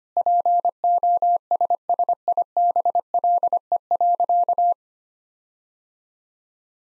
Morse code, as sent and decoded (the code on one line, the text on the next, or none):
.--. --- ... ... .. -... .-.. . .-.-.-
POSSIBLE.